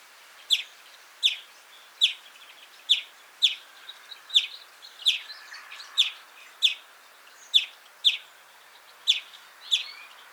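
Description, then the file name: European greenfinch giving clipped chirping calls, repeated at irregular intervals of under a second, with faint soft twittering between notes and light background hiss. "Chloris chloris"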